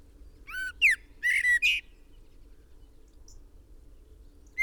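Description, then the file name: Common blackbird delivering several strong, clipped whistles in quick succession, then a pause before one final loud note. "Turdus merula"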